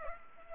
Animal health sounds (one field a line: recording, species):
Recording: mosquito wingbeat signal from an infrared sensor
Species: Culex pipiens